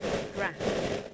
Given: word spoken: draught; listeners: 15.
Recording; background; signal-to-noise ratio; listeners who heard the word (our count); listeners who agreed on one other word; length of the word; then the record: one English word in noise, from a listening test; noise modulated by three-talker babble; -5.9 dB; 0 of 15; 10 of 15; 0.74 s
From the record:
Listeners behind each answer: 10, 2, 1, 1, 1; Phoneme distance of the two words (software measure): 27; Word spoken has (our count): 1 syllable, 5 phonemes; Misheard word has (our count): 1 syllable, 4 phonemes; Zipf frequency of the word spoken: 3.04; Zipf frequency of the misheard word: 4.58